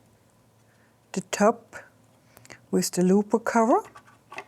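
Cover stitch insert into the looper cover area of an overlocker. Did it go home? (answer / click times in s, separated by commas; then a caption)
no / none. Someone talks while a plastic cover stitch insert is handled and lined up with the looper cover of a BERNINA L 6 series overlocker (L 660, L 650 or L 620). Light taps are heard around 2.4–2.5 s and again near 4.3–4.5 s. Nothing has seated or clicked in yet.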